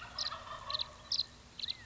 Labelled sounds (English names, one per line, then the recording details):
California Quail
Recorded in Sonoma County, California